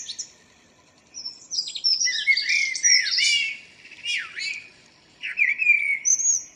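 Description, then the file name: Common blackbird song, warbled phrases of whistles and swooping notes with thin high squeaks, in several bursts. "Turdus merula"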